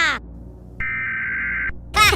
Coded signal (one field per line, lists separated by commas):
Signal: Emergency Alert System (SAME) tones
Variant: header bursts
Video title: Minions react to EAS Scenario: Sky net (Analog Horror)